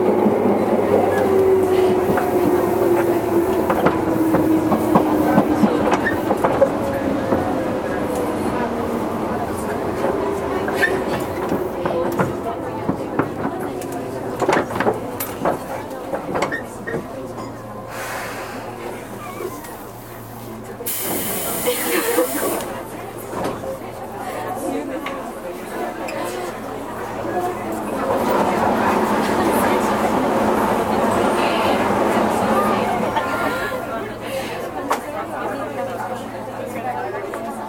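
Running sound from inside a Tobu 20000 series local train, with a steady low hum and rumble under scattered voices and chatter throughout. Wheel clicks and knocks punctuate the ride, and a brief bright hiss bursts out around the twenty-one second mark.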